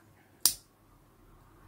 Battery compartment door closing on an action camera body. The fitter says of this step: and make sure when you push it you hear that click clack now you can put it back